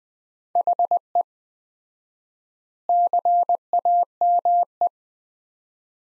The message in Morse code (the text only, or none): HE CAME